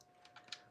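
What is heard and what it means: A plastic hip skirt panel on the waist of a Fans Toys FT-40A Hannibal (Cerebros) robot figure is pulled outward, with small plastic ticks at about 0.3 and 0.4 seconds over a faint steady tone. A sharp, bright click at 0.5 seconds is the panel seating into its detent in the extended position.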